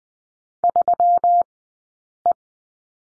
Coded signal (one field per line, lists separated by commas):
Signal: Morse code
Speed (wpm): 20 wpm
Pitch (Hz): 700 Hz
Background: none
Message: 3E